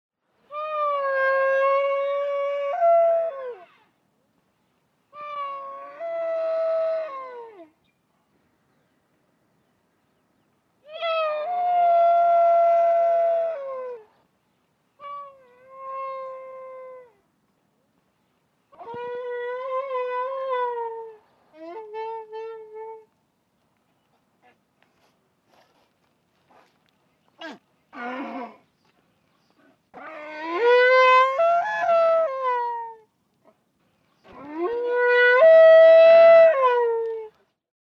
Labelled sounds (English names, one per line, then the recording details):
Wapiti
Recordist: Tembrock, Günter
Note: Hirsch: Brunftrufe